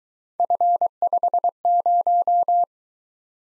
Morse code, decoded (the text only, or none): F50